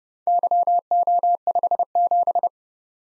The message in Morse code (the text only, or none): YO57